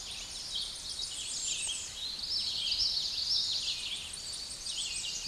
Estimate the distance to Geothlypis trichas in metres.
about 20 m